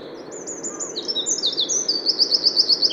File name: Troglodytes troglodytes